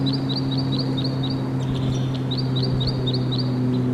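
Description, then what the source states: White-winged Crossbill song: a high, rapid series of rising chip notes in two bursts, over a steady low engine-like hum. Male at 7:57 on the same perch as the bird recorded just before, probably the same individual.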